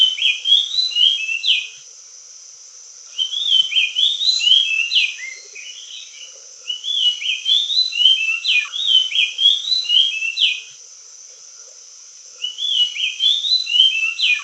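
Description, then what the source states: Oriental magpie-robin singing in bursts of several seconds, varied whistles, slurs and sharp chirps separated by brief silences, with a constant high buzzing hiss behind. Indonesian name kacer; described as gacor, singing loudly.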